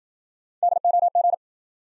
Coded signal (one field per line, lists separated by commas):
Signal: Morse code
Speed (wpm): 52 wpm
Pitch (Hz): 700 Hz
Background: none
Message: DOG